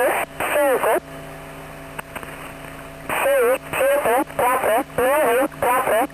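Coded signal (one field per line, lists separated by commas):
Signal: numbers station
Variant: V2, Spanish female voice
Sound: a female voice reading short, evenly spaced words, likely Spanish numbers, over radio noise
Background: radio static and hum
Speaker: A mechanized female voice begins by repeating atención and several numbers in Spanish. Then begins the message text, groups of 5 numbers for up to 50 minutes, and ends repeating final 2 or 3 times.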